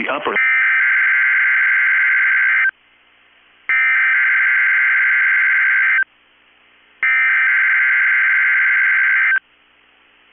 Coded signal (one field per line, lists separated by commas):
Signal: Emergency Alert System (SAME) tones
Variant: header bursts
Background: speech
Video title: 4/20/22 - KEC65 Required Weekly Test (EAS #442)